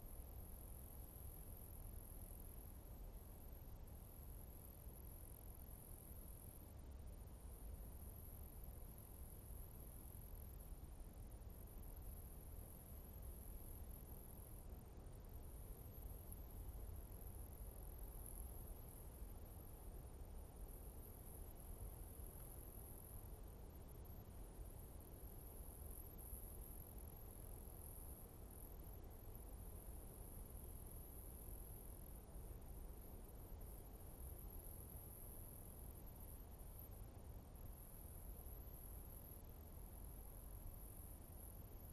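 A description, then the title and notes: Evening outdoors at a wildlife refuge just after dusk, filled with a steady, very high-pitched insect trill that never lets up. Beneath it sits a soft, constant low rumble, perhaps distant traffic or wind, with no distinct events standing out. Post-Dusk At Conboy Lake National Wildlife Refuge. Conboy Lake is not a true year-round lake, but a dense marshy area that fills with snowmelt from the end of winter throughout the spring.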